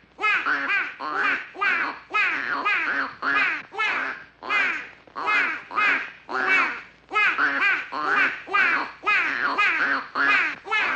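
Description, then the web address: Bird uttering a long run of loud, nasal, quack-like calls, roughly two per second, each burst rasping and wavering in pitch. Background bird ambience. "animals bird bgs"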